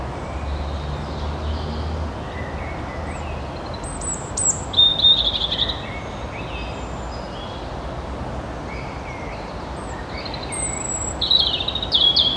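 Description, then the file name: European robin song, thin high whistled phrases in short scattered bursts with long pauses, over steady low background noise. "Erithacus rubecula"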